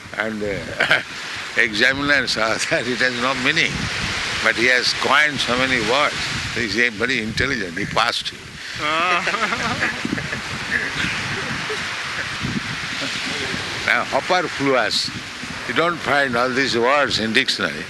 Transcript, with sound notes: and the examiners saw that it has no meaning. But he has coined so many words, they said, "Very intelligent." They passed him. [laughter] Now, "upperfluous." You don't find all these words in dictionary.